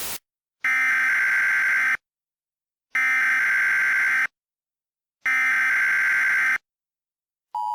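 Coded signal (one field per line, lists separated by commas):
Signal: Emergency Alert System (SAME) tones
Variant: header bursts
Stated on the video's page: Mock EAS alert made with Creative Commons 0 sounds.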